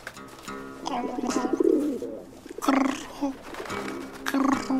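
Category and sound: bird, pigeons cooing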